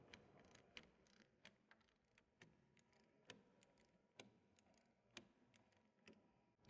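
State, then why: Not seated. A torque wrench turns the metal fuel filter bowl into the fuel filter housing of a LEAP engine to check its run-on torque. Sharp ratchet ticks sound at about 0.1, 0.8, 1.5, 3.3, 4.2 and 5.2 seconds, with softer ticks between them. The wrench's setting click never sounds, so the bowl is fully seated without exceeding the maximum run-on torque.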